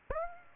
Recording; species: mosquito wingbeat signal from an infrared sensor; Aedes aegypti